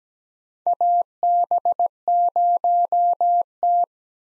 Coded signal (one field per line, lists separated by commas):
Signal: Morse code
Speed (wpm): 17 wpm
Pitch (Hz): 700 Hz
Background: none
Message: AB0T